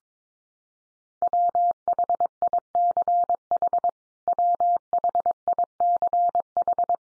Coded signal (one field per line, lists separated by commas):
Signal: Morse code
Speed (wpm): 22 wpm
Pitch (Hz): 700 Hz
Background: none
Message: WHICH WHICH